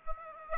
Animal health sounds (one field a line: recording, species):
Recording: mosquito wingbeat signal from an infrared sensor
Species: Aedes aegypti